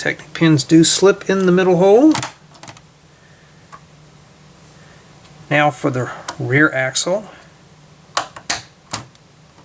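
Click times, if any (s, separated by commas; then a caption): 8.2 s, 8.5 s. Someone talks while a plastic LEGO rear axle assembly, with Technic pins through the middle hole, is pressed onto a LEGO motorhome chassis. Sharp plastic clicks ring out at 8.2 s and 8.5 s as the axle seats and snaps firmly in place.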